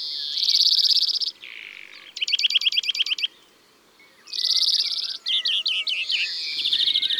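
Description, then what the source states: European greenfinch song: fast rattling trills alternating with a buzzy drawn-out wheeze, then more twittering trills and rolling notes. European greenfinch singing in February.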